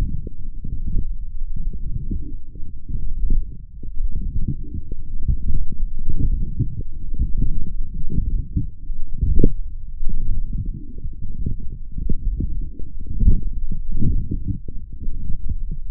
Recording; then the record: forearm muscle sounds (acoustic myography)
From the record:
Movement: forearm pronation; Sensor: system 1, eight BSWA MPA416 microphones around the upper forearm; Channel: 8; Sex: male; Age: 20 years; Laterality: left